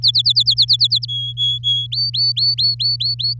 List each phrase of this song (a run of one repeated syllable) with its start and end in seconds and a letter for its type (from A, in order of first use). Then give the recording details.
0.02-1.05 A, 1.08-1.87 B, 1.92-3.34 C. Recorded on 6 May 2018 at 08:18. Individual llb16